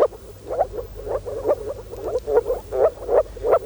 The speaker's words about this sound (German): Die Rufe der Moorfrösche setzen sich aus mehreren einzelnen Lauten zusammen. Das wird noch deutlicher, wenn wir das Tonband wieder mit halber Geschwindigkeit laufen lassen.